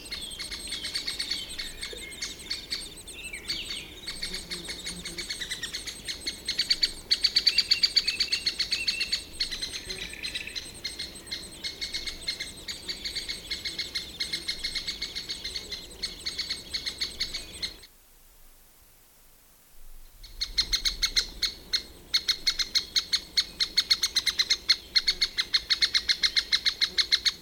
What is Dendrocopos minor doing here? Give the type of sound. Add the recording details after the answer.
call. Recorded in the wild. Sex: diverse. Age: diverse. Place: Nationalpark Bialowieza, PL. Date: 1966-06-08. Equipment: Nagra III BH. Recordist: Schubert, Michael